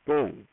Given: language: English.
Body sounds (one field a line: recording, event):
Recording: throat vibration sensor signal played as sound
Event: speech